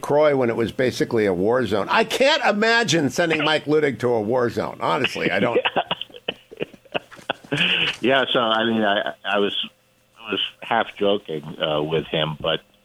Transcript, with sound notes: Croix when it was basically a war zone. I can’t imagine sending Mike Luttig to a war zone. Honestly, I don’t…
Yeah (laughing) Yeah, so I mean, I was half-joking with him, but